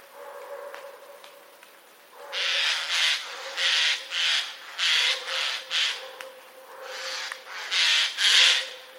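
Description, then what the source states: Eurasian jay giving harsh, rasping screeches, many in quick bursts from about two seconds on. Recorded 24 October 2021.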